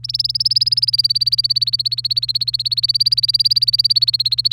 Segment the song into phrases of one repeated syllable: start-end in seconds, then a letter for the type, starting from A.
0.04-4.53 A